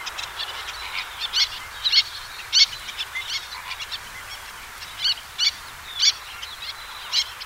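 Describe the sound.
Little tern calls: short, harsh, high-pitched notes given irregularly, with fainter chattering calls in the background.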